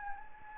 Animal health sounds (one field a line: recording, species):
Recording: mosquito wingbeat signal from an infrared sensor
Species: Anopheles gambiae